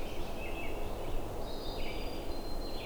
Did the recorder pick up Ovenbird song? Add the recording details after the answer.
no. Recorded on 21 June 2016 at 08:13. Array SBT-6-76